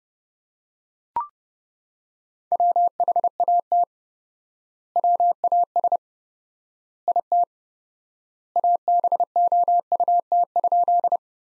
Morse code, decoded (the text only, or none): WHAT WAS IT ABOUT?